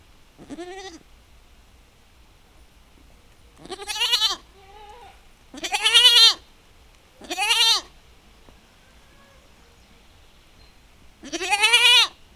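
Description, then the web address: Goat bleating in short wavering calls, five loud bleats spaced irregularly over twelve seconds, with a softer call between them and low rumbling wind underneath. Domestic goat in a farmyard, calling back and forth in a dialogue in the wind. "allathangok parasztudvar hazikecske kecske parbeszedaszelben"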